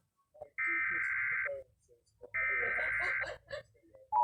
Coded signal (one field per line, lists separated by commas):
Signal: Emergency Alert System (SAME) tones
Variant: header bursts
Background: speech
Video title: EAS TONES** Random Eas alert